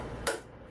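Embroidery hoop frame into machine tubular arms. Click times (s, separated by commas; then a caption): 0.3 s. A 15-centimeter embroidery hoop frame is pushed into the loosely fitted tubular arms of a Blue Sky 1501 embroidery machine, whose set screws are not yet tightened, so the latch confirms it sits properly in the arms. After a low hum, a second sharp click sounds at 0.3 s as the frame locks down and is seated in the arms.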